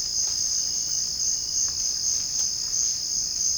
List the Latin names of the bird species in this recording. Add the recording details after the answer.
none. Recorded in dense forest near Puerto Asís, Putumayo, Colombia, on 21 February 2024 at 07:00. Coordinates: 0.485, -76.325. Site G6429